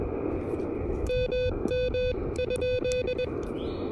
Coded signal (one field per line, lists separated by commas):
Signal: Morse code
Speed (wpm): 20 wpm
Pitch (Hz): 2500 Hz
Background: none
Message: MM?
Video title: KH1 Super Portable POTA: Testing the new Elecraft KHRA1 Right-Angle Antenna Adapter!